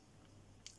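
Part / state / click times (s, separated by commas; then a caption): folding knife blade into its handle spring / seated / 0.7 s. The D2 steel blade of a Queen Cutlery #3 Mountain Man slipjoint folding knife, made in Titusville, PA, is opened against its handle spring over a low, steady background hum. At 0.7 s it snaps into its open position with a single sharp, bright click. The blade is seated in place, with no half stop.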